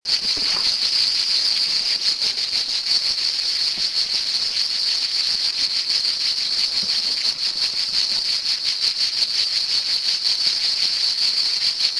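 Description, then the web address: Cicada song: unbroken shrill buzzing, rapidly pulsed and even in level from start to finish. "son cigales"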